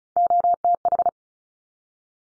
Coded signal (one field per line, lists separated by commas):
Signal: Morse code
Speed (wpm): 36 wpm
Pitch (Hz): 700 Hz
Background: none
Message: OTH